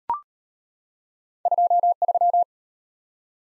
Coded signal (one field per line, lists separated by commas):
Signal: Morse code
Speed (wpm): 33 wpm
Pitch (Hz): 700 Hz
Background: none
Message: 23